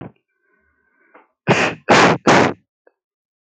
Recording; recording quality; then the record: shallow voluntary cough; excellent, no background noise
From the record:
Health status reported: healthy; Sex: male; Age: 21 years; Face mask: not worn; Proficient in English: no